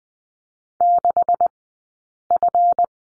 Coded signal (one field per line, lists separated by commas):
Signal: Morse code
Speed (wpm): 20 wpm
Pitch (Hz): 700 Hz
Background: none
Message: 6F